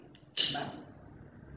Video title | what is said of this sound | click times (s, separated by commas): LKK Blok 20: AIRWAY MANAGEMENT - dr. Susi Handayani, Sp.An, M.Sc. | Masukkan sampai bunyi klik. | 0.4 s